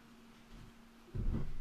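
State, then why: Not seated. A plastic lid is pushed onto a plastic nail-product container, but it fails to snap shut and nothing has clicked into place. A faint low hum runs under a soft rustle around 0.5 s, then louder low, muffled handling noise from about 1.2 s to the end.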